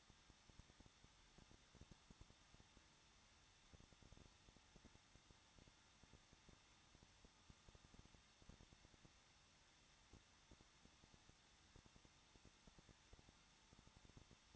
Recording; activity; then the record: daily activity, microphone in the room; no activity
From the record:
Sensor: 3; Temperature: 21.2 degrees Celsius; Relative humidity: 36.4%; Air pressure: 1006.4 hPa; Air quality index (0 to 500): 223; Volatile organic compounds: 43 ppm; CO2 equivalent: 3189 ppm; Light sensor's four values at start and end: 2/3/2/2 and 2/3/2/2